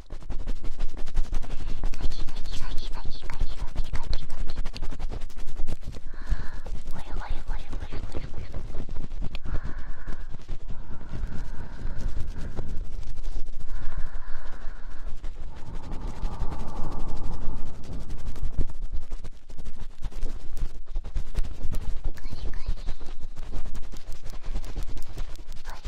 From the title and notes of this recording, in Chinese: 免疫福音 超快速戳耳朵。